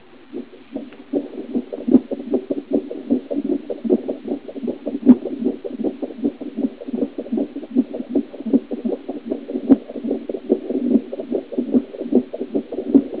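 A rapid train of soft, whooshing pulses at about 150 beats a minute, fairly steady throughout. The sound is muffled and band-limited, with a faint hiss underneath. This is a fast heartbeat.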